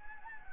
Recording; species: mosquito wingbeat signal from an infrared sensor; Anopheles gambiae